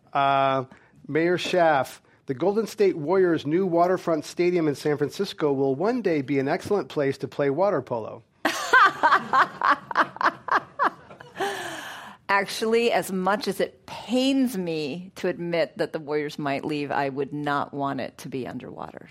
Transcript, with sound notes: Mayor Schaaf, the Golden State Warriors’ new waterfront stadium in San Francisco will one day be an excellent place to play water polo.
[Laughter]
Actually, as much as it pains me to admit that the Warriors might leave, I would not want it to be underwater.